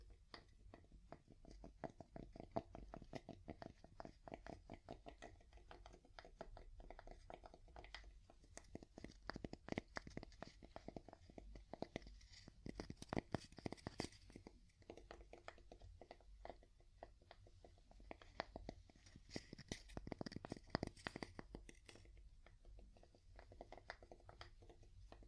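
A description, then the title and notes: Wood tapping in quick, irregular bursts of sharp knocks runs through the whole clip, sometimes clustered densely and sometimes sparser. The taps are dry and clicky with a solid low thump underneath, over a steady low hum. A heavier cluster arrives around twenty seconds. ASMR Calming Wood Tapping (No Talking).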